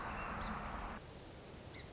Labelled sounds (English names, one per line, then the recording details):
Song Sparrow
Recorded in Sonoma County, California